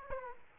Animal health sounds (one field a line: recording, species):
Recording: mosquito wingbeat signal from an infrared sensor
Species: Aedes aegypti